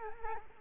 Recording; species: mosquito wingbeat signal from an infrared sensor; Culex quinquefasciatus